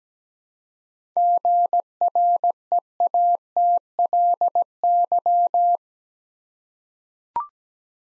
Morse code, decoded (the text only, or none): GREATLY